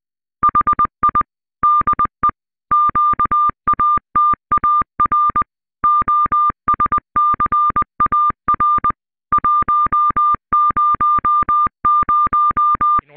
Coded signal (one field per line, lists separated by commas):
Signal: Morse code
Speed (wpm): 20 wpm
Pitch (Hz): 1200 Hz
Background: none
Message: HI DE QATAR OSCAR 100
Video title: QO-100 Premier satellite géostationnaire radioamateur